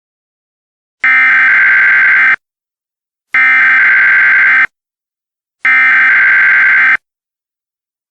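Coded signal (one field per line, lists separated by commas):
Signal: Emergency Alert System (SAME) tones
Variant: header bursts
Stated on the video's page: Fictional EAS scenario tones.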